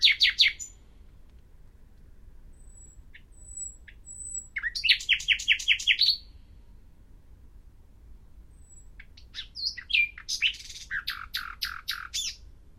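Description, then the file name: Common nightingale singing: a brief phrase, a quiet pause with faint thin whistles, a loud stuttering run of repeated notes, then after another pause a varied jumbled phrase. "Luscinia megarhynchos"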